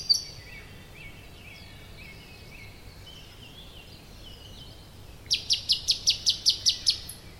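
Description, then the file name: Common nightingale singing: soft varied whistled and chirping phrases, then a loud run of several sharp repeated notes. "Luscinia megarhynchos"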